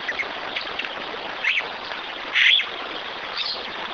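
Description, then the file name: Bird calls: a brief note at one and a half seconds and a louder burst at two and a half seconds, over constant rushing background noise. "SABIOD 50 bird 2015"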